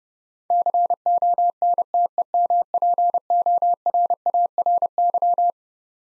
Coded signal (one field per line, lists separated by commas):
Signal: Morse code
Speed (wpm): 32 wpm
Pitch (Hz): 700 Hz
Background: none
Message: CONTEMPORARY